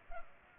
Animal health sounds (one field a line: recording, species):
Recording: mosquito wingbeat signal from an infrared sensor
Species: Culex pipiens